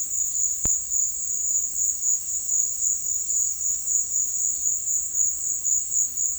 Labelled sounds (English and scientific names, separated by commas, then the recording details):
none
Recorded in secondary vegetation near Puerto Asís, Putumayo, Colombia, on 8 March 2025 at 17:00
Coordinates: 0.499, -76.323
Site G094